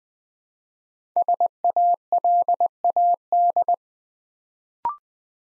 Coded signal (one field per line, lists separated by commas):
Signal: Morse code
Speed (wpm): 20 wpm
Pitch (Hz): 700 Hz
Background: none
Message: SALAD